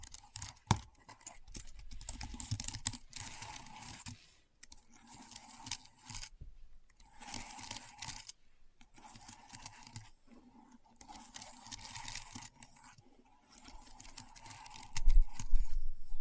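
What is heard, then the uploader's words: Keyboard sounds for ASMR: quick bursts of clicky typing come and go, separated by brief silent pauses around 4.5, 6.5 and 10 seconds. The taps are dense and crisp, bright and papery, and a few louder knocks land near the end. ASMR Keyboard Sounds (No Talking).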